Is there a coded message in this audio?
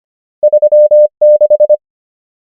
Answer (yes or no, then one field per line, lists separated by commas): yes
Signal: Morse code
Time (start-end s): 0.4-1.8 s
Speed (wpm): 25 wpm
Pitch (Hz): 600 Hz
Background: none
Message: 3 6